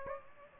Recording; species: mosquito wingbeat signal from an infrared sensor; Aedes aegypti